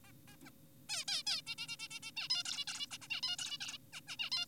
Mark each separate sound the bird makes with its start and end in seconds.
0.04-0.12, 0.28-0.36, 0.45-0.50, 0.89-1.04, 1.08-1.23, 1.27-1.42, 1.47-1.55, 1.58-1.68, 1.68-1.76, 1.80-1.88, 1.91-2.00, 2.03-2.11, 2.17-2.28, 2.30-2.43, 2.46-2.65, 2.68-2.87, 2.91-2.98, 3.02-3.08, 3.10-3.21, 3.23-3.36, 3.39-3.58, 3.61-3.78, 3.93-4.01, 4.08-4.16, 4.19-4.30, 4.32-4.46